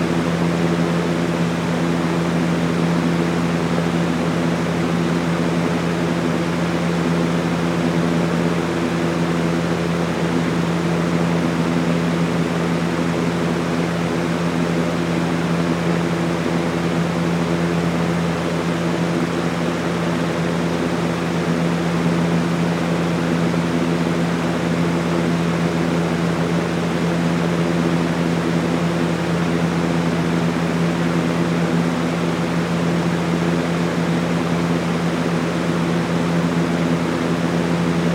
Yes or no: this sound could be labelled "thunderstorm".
no